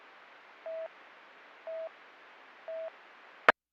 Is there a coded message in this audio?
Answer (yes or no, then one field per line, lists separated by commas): no